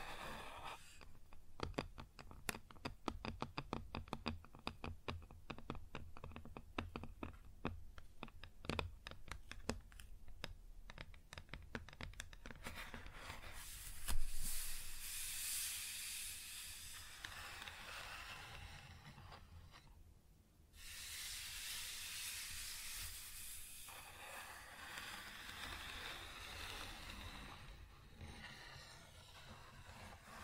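Rapid, dense tapping on a wooden surface fills the first thirteen seconds, then gives way to steady, hissing scratching that pauses briefly around twenty seconds.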